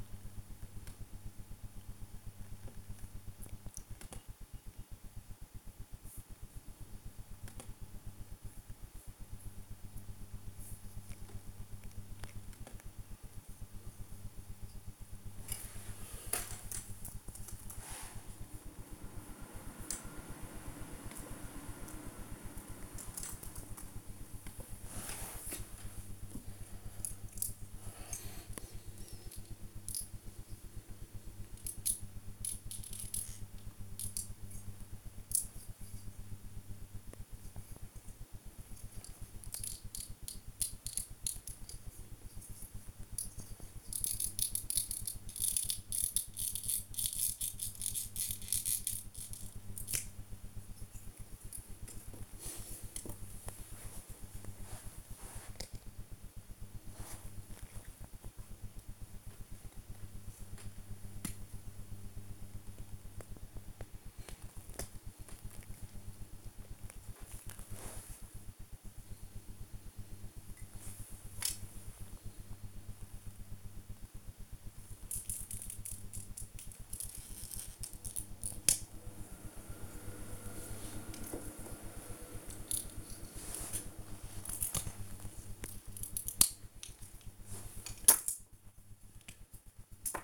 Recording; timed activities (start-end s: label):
household activities, microphone on the right wrist
0.00-20.42 s: build with lego
23.44-90.24 s: build with lego